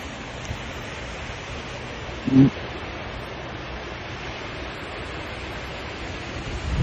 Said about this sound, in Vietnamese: Gió kinh khủng, bữa nay lạnh lắm quý vị ơi, lạnh tê cứng người luôn á. Đây là sáng sớm, đi ra ngoài phía sau nhà ha.